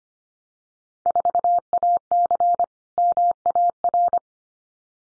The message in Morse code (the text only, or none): 4AC MAR